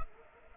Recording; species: mosquito wingbeat signal from an infrared sensor; Culex pipiens